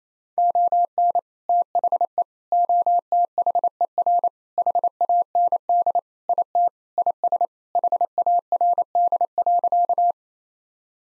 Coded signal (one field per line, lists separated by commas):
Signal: Morse code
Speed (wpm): 28 wpm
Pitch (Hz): 700 Hz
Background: none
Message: ON THE OTHER HAND IT IS HARD.